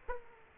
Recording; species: mosquito wingbeat signal from an infrared sensor; Aedes aegypti